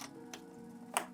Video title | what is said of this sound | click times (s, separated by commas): Samsung Galaxy A02s Screen Replacement Tutorial [Easy 5 Minuets] | You only want to hear the click Clicking tells you everything is in place | 0.3 s, 1.0 s